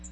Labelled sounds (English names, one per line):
Magnolia Warbler flight call